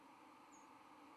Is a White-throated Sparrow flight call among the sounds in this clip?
yes